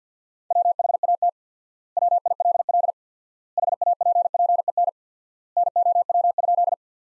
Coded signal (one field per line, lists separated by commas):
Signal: Morse code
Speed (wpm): 50 wpm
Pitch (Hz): 700 Hz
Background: none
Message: WHAT WILL HAPPEN NOW?